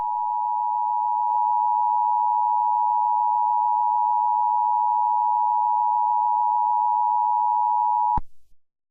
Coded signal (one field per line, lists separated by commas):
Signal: Emergency Alert System (SAME) tones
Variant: 853 and 960 Hz attention tone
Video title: EAS Mini-Scenario: "A"